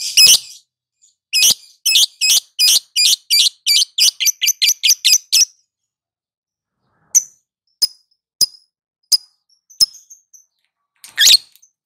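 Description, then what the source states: Lovebird song: a long rapid series of harsh, scratchy notes for about four seconds, then a handful of sharp spaced ticks and one final harsh chirp. Lovebird singing in the ngetik (ticking) style and a long ngekek trill.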